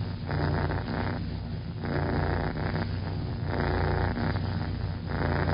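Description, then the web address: Cat purr, a steady throaty rumble rising and falling with each breath. "Bobby Cole Purr"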